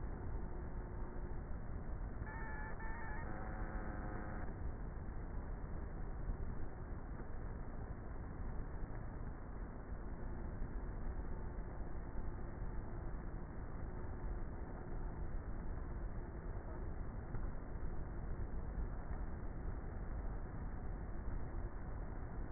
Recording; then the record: honeybee colony, microphone inside the hive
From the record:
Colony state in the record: queenless with a low population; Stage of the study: before two queens were removed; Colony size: about 30,000 bees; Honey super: no